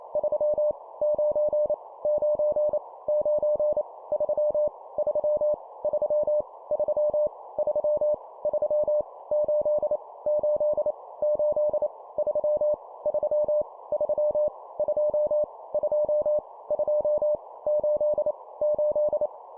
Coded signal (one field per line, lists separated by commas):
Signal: Morse code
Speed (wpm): 28 wpm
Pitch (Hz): 600 Hz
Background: none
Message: 3 9 9 9 3 3 3 3 3 3 8 8 8 3 3 3 2 2 2 8 8